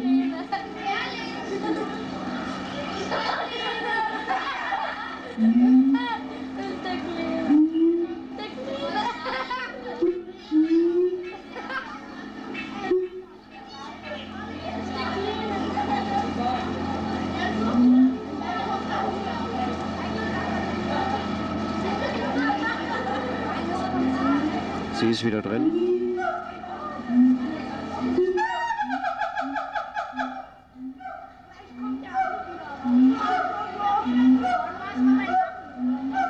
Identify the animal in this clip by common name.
Siamang